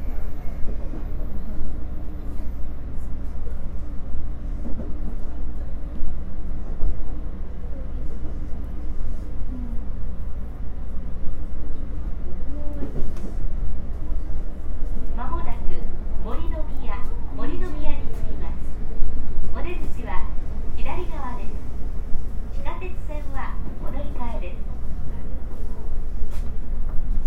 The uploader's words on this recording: JR西日本 323系 環状線外回り 大阪から鶴橋まで. JR西日本 323系電車の走行音です。 大阪環状線外回りの普通列車で録音しました。 Running sound of JR West Japan 323 series train.